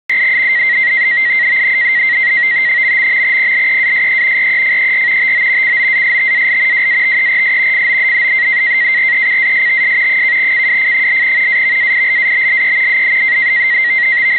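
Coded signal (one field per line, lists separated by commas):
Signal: NAVTEX (SITOR-B)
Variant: 100 baud SITOR-B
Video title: NAVTEX Broadcast from station NME, Charleston SC on 518 KHz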